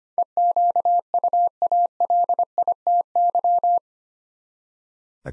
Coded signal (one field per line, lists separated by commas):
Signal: Morse code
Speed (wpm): 25 wpm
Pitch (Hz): 700 Hz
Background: none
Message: EQUALITY